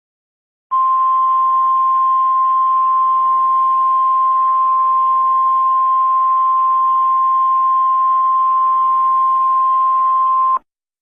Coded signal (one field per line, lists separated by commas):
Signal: Emergency Alert System (SAME) tones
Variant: 1050 Hz attention tone